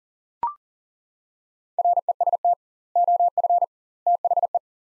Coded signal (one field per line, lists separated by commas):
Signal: Morse code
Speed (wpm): 40 wpm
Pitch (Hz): 700 Hz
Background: none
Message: REST OF THE